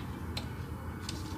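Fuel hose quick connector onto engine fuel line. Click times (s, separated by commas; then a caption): 0.4 s. A lubricated quick-connect fitting on the flex-fuel sensor hose of an eFlexFuel E85 conversion kit is pushed onto the metal fuel line of a 2015 Mustang GT. Its retaining clip snaps with a sharp click at 0.4 s, and a fainter tick follows at 1.1 s over a steady low hum. The connector is seated and won't slide off.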